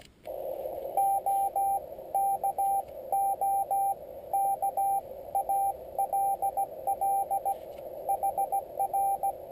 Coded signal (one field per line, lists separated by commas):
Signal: Morse code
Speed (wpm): 16 wpm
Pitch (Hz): 790 Hz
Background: radio noise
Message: OK OK ALL HR